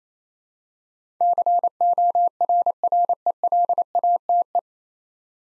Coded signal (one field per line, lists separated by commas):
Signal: Morse code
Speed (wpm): 28 wpm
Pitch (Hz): 700 Hz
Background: none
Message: CORRELATE